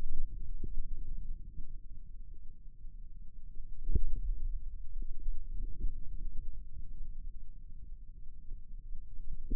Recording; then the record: forearm muscle sounds (acoustic myography)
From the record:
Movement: radial deviation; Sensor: system 2, bracelet of six BSWA MPA416 microphones around the upper forearm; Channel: 6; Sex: female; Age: 25 years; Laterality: right